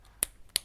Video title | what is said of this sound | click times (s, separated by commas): TOP PRODUCTS OF 2017 - Part 2: lip products/brow products/eye products | They've got a nice click. | 0.2 s, 0.6 s